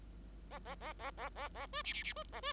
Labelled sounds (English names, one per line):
Bengalese Finch song